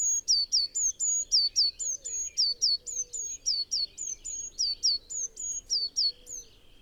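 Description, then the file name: Eurasian blue tit repeating high, thin notes rapidly and steadily, each a short flat whistle with a quick downward slide, continuing throughout with faint lower notes beneath. "Cyanistes caeruleus"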